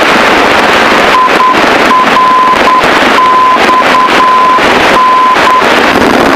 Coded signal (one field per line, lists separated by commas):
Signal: Morse code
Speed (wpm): 10 wpm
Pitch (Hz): 1020 Hz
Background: none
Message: IRXN